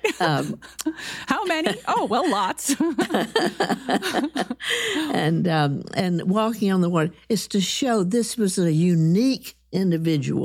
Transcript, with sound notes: How many? Oh, well, lots!
[Laughs] And—and walking on the water is to show this was a unique individual